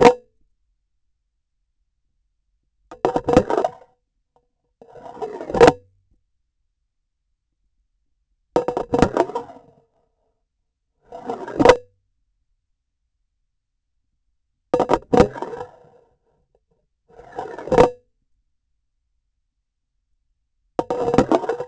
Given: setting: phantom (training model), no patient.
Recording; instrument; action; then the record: laparoscopic instrument, vibration sensor on the handle end; grasping forceps; insertion and removal through the trocar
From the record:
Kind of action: spatial motion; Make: Olympus